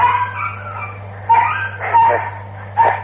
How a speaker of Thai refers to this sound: สุนัขมันกัดกันหน้าบ้านสนุกไปเลย